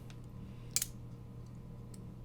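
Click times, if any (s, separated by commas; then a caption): 0.8 s. During reassembly of a SOG Kiku XR folding knife with XHP steel, the handle scale with its squared-off hole is pressed down over the squared pivot and onto the back-spacer pins. A sharp, bright click at 0.8 s, with a quick second snap right after, marks the scale seating into place, with only faint ticks around it over a steady low hum.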